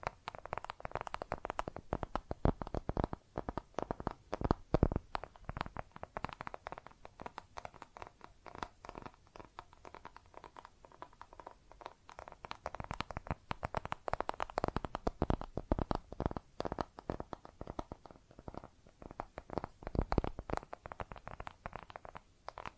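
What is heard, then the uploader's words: Tapping and scratching on makeup containers, with quick irregular clicks and taps arriving in dense bursts. The activity is busiest in the first few seconds and again from about 14 to 21 seconds, with a softer, sparser stretch between. ASMR Makeup Tapping & Scratching Sounds (No Talking).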